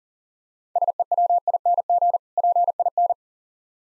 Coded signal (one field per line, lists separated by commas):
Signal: Morse code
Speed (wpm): 40 wpm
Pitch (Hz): 700 Hz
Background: none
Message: SEWING PIN